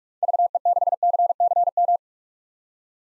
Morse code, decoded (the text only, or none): VE6CCM